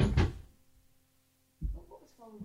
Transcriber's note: door closes